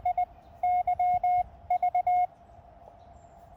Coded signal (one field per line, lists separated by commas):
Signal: Morse code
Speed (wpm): 21 wpm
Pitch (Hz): 720 Hz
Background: radio noise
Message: I Y V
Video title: POTA QRP CW Cootie activation of White Pines State Forest, K-1031 using QRP-Labs QCX transceivers